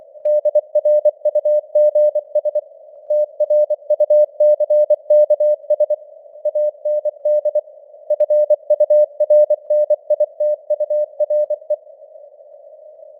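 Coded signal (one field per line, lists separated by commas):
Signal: Morse code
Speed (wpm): 24 wpm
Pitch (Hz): 600 Hz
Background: none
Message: DRUGS TRUCKS AND FURNITURE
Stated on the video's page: News headlines in Morse at 24 wpm with simulated radio noise and QSB fading.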